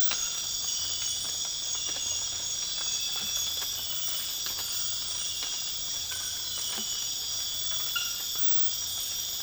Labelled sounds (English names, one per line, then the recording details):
none
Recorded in dense forest near Puerto Asís, Putumayo, Colombia, on 12 March 2025 at 01:30
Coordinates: 0.484, -76.325
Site G045